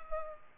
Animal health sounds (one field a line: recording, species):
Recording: mosquito wingbeat signal from an infrared sensor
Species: Culex pipiens